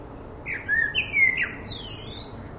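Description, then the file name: Common blackbird song phrase, a fluted warble of slurred whistles followed by a thin, high squeaky flourish. "Turdus merula"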